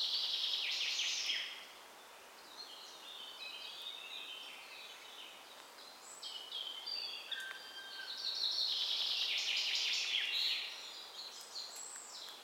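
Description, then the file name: Common chaffinch giving two loud, rapid bursts of song, one at the start and a longer one later, with quieter chirping notes between. "Fringilla coelebs"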